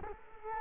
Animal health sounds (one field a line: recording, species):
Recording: mosquito wingbeat signal from an infrared sensor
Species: Culex quinquefasciatus